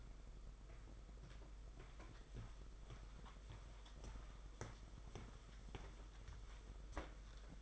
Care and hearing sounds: daily activity, microphone in the room; walk to room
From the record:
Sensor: 5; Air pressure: 991.3 hPa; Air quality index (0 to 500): 93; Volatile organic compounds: 12 ppm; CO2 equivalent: 2350 ppm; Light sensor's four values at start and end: 35/117/44/47 and 29/82/34/37

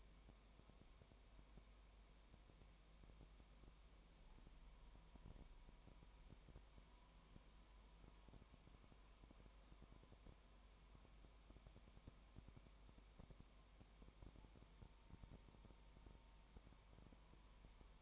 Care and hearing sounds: daily activity, microphone in the room; no activity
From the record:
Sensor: 1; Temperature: 19.0 degrees Celsius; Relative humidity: 34.1%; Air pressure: 1001.3 hPa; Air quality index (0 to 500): 82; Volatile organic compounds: 1 ppm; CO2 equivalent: 824 ppm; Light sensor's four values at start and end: 1/2/1/1 and 1/2/1/1

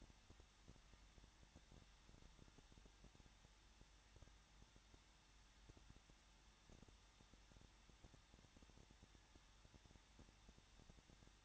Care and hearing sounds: daily activity, microphone in the room; no activity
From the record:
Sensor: 3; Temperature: 21.2 degrees Celsius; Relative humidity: 36.3%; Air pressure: 1006.2 hPa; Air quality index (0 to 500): 222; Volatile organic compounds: 41 ppm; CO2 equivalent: 3168 ppm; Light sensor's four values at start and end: 2/3/2/2 and 2/3/2/2

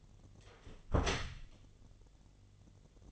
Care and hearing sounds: daily activity, microphone in the room; close door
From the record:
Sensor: 4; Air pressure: 1016.3 hPa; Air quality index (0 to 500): 211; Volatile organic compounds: 13 ppm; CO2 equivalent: 2405 ppm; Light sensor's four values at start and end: 9/20/8/7 and 9/20/8/7

